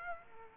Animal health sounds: mosquito wingbeat signal from an infrared sensor; Aedes aegypti

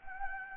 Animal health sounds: mosquito wingbeat signal from an infrared sensor; Anopheles gambiae

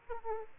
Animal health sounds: mosquito wingbeat signal from an infrared sensor; Aedes aegypti

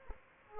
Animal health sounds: mosquito wingbeat signal from an infrared sensor; Aedes aegypti

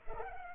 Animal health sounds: mosquito wingbeat signal from an infrared sensor; Culex pipiens

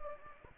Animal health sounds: mosquito wingbeat signal from an infrared sensor; Anopheles gambiae

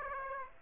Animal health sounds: mosquito wingbeat signal from an infrared sensor; Aedes aegypti

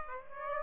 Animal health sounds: mosquito wingbeat signal from an infrared sensor; Aedes aegypti

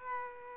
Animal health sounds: mosquito wingbeat signal from an infrared sensor; Culex quinquefasciatus

